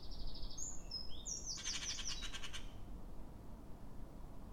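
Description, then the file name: Eurasian wren singing high, tumbling phrases that run straight into a fast pulsed trill lasting about a second, then a quiet low rumble. "Troglodytes troglodytes"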